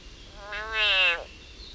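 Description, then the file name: Frog's short, grating wail swells gradually, peaks briefly and slides down in pitch as it ends. Frog in agony. "Yannick Dauby agony of a frog"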